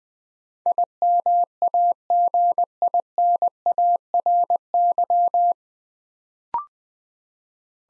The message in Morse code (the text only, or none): IMAGINARY